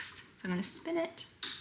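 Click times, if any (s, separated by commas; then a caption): 1.4 s. Someone talks while a plastic sewing-machine bobbin, placed on the bobbin winder spool pin, is twisted to line up with the small metal piece. At 1.4 s it clicks sharply into place. The bobbin is now seated and can no longer spin out of position.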